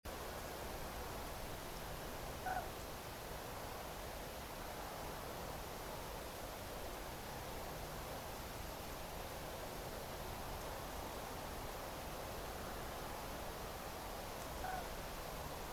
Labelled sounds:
Common Crane (Grus grus)
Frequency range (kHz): Common Crane (Grus grus) 0.6-1.9 kHz
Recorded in France

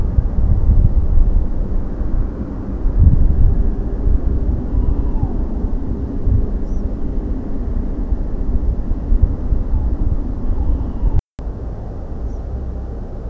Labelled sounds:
European Pied Flycatcher (Ficedula hypoleuca), unidentified bird
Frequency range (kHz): European Pied Flycatcher (Ficedula hypoleuca) 4.9-7.8 kHz; unidentified bird 5.1-7.4 kHz
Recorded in France

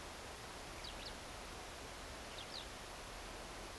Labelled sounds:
Eurasian Skylark (Alauda arvensis)
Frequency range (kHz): Eurasian Skylark (Alauda arvensis) 2.5-5.7 kHz
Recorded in France

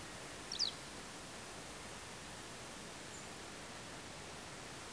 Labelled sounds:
Eurasian Skylark (Alauda arvensis), unidentified sound
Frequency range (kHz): Eurasian Skylark (Alauda arvensis) 2.4-8.0 kHz
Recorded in France

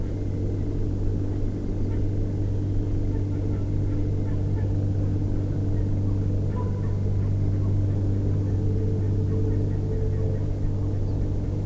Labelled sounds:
Ortolan Bunting (Emberiza hortulana), unidentified animal sound
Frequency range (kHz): Ortolan Bunting (Emberiza hortulana) 3.5-5.1 kHz
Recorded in France

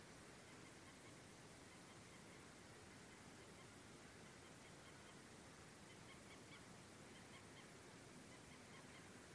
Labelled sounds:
Common Moorhen (Gallinula chloropus)
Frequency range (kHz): Common Moorhen (Gallinula chloropus) 0.9-3.6 kHz
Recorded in France

